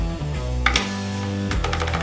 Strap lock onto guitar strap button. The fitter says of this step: it should be able to hear a click when it is secured